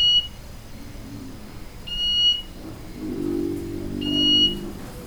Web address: Les Cartes Postales Sonores NOISE ON EARTH Vol 5 INDONESIA Les Cartes Postales Sonores Beeping birds